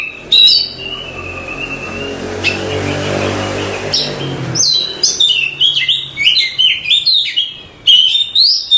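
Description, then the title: Oriental magpie-robin song: a sustained whistle and a muffled low rumble early, then a lively stream of varied whistled notes and chattering trills. "suara kacer"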